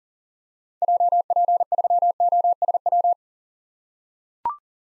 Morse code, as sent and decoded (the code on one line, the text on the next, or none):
.--- .--. ...-- --- ... .--
JP3OSW